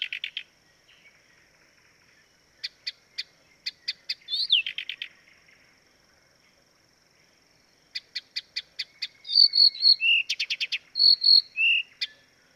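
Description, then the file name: Blyth's reed warbler song with spaced ticking notes, quiet gaps, then loud buzzy repeated notes and short whistled slurs over a faint high hum. "life dviete. acrocephalus dumetorum"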